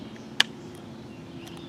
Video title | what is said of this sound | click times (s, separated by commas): New Planet Eclipse Magfed paintball shooting video - Emek MG100 Paintball | it click alright | 0.4 s